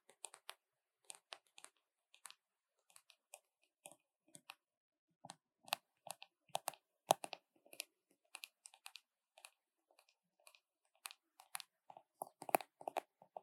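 Fingernails tap on makeup containers in quick, uneven bursts, each tap a crisp click with a light plastic ring. The pace shifts between sparse single taps and dense clusters, growing busier near the end, with silence otherwise.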